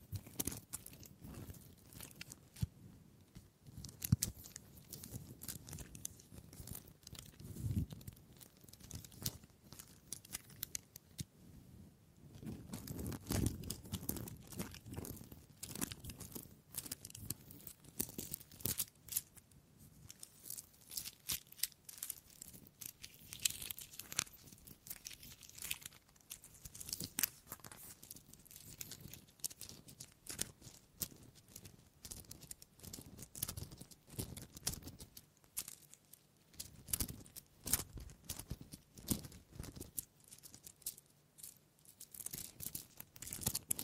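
Wood triggers: dense, irregular tapping and scratching with crisp clicks and crinkly rustles, with brief lower thumps around 8 and 13 seconds.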